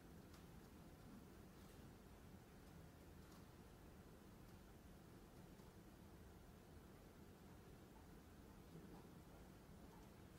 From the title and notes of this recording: Glasgow library. (university of glasgow).